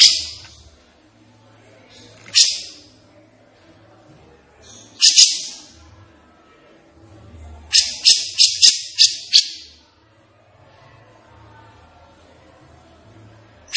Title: Cucak Jenggot Gacor. Cucak Jenggot Emosi Untuk Masteran